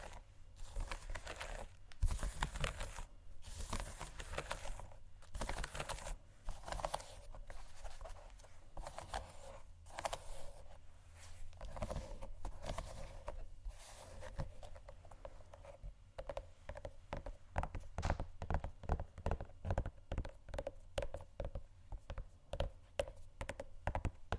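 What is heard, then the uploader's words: Shoes scratch and tap against a hard floor in a busy, irregular pattern. The first half has longer scuffing sweeps with gaps between them, and after about fifteen seconds the sounds turn into quicker, sharper taps. A low steady hum runs underneath throughout. ASMR Shoes Scratching & Tapping（No Talking）.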